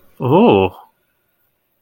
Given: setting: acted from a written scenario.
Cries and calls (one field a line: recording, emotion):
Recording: vocal sound without words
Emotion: interest